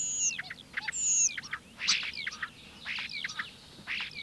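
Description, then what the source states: Common Starling singing a jumble of sharp descending whistles, clicks and short chattering notes, broken by brief pauses. One of the first spring migrants; an excellent mimic of other birds' songs and of other sounds from its surroundings.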